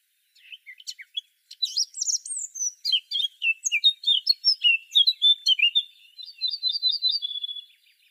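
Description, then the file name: Eurasian blackcap song: soft scratchy notes opening into a loud, tumbling warble that finishes with clear, repeated fluting notes. "Sylvia atricapilla"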